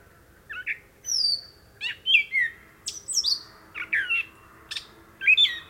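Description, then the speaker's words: Gray Catbird song: a jumble of short, varied squeaky and slurred phrases, rising and falling, separated by brief pauses. Lone catbird singing a night song. "Here, a lone catbird sings a beautiful night song as frogs croak and bellow in the distance."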